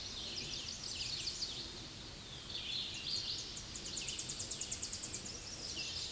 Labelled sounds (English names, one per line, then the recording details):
Tennessee Warbler song
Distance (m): 25 m
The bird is about 5 m above the microphone
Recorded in a Pennsylvania forest on 16 May 2024 at 08:15
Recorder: AudioMoth, point MSD-2155
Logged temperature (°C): 15.6 °C
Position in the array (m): 69 m, 94 m